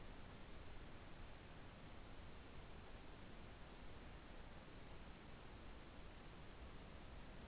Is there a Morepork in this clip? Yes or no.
no